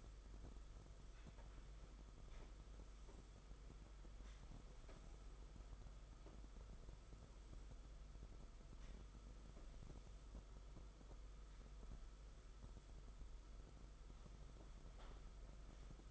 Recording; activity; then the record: daily activity, microphone in the room; sweep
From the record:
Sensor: 5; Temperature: 22.1 degrees Celsius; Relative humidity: 50.0%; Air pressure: 991.5 hPa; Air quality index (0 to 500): 120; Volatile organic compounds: 44 ppm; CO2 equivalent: 3207 ppm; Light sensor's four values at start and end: 42/133/50/54 and 42/132/50/54